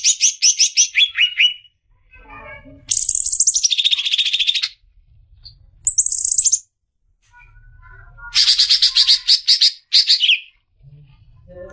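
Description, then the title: Greater green leafbird song: bursts of rapid, harsh, rattling chatter in high pitch, some phrases sliding downward, separated by short pauses; faint low rumble between phrases. Long cackling song style (ngekek panjang), used as a master song to train caged songbirds for singing contests. "mster Mnuk. MASTERAN CUCAK IJO NGEKEK PANJANG COCOK BAGI YANG MAU TARUNG KICAU"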